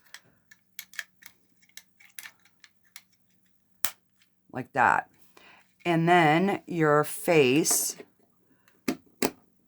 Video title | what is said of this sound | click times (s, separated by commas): sorry the beginning didn't record but you didn't miss anything | pops right in like that | 8.9 s